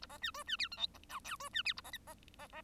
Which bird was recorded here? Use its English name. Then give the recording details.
Bengalese Finch. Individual Bird1